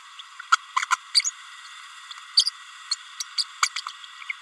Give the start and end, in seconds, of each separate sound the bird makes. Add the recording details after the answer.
0.52-0.56, 0.76-0.85, 0.90-0.96, 1.14-1.22, 2.37-2.44, 2.91-2.96, 3.20-3.23, 3.38-3.44, 3.62-3.69, 3.76-3.81. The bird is a female. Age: 30 days. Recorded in a nest box in Venezuela. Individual 17B32A7